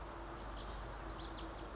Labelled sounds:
Lazuli Bunting
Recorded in Sonoma County, California

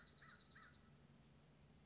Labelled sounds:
American Crow
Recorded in Sonoma County, California

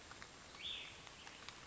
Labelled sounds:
Cassin's Vireo
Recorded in Sonoma County, California

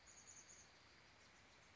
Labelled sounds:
Chestnut-backed Chickadee
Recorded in Sonoma County, California

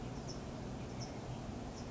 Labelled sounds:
California Towhee
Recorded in Sonoma County, California

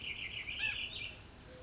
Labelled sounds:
White-breasted Nuthatch
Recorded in Sonoma County, California

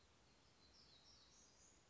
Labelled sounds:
Black-throated Gray Warbler
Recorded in Sonoma County, California

